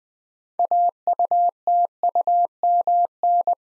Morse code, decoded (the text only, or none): AUTUMN